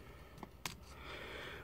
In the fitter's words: will come up and click into place